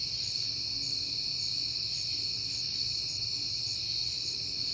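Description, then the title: Crickets chirping steadily, high trills with distinct regularly repeated pulses, over a soft low hum. Crickets at night in September, recorded on a peaceful night. "Night Time: Crickets and Passing Cars"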